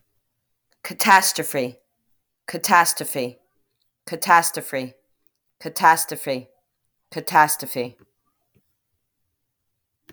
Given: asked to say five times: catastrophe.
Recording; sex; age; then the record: repeated word; female; 40 to 49 years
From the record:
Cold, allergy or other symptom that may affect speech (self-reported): no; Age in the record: 40 years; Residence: New York, United States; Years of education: 12